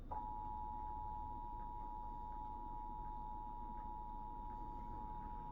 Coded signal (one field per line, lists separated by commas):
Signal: Emergency Alert System (SAME) tones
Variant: 853 and 960 Hz attention tone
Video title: eas rmt Eas#116